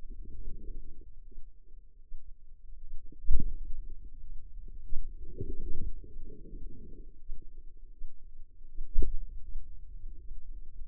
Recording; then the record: forearm muscle sounds (acoustic myography)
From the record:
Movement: finger pinch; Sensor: system 2, bracelet of six BSWA MPA416 microphones around the upper forearm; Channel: 1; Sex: female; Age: 25 years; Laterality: right